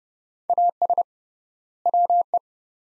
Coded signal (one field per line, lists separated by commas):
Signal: Morse code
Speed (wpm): 29 wpm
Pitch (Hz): 700 Hz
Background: none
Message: AS WE